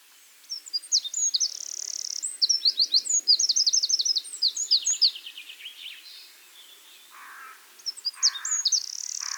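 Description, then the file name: Eurasian wren song: a long, rapid, very high trill of sharp notes for about five seconds, then lower buzzy bursts and a second brief high trill near the end. "Troglodytes troglodytes"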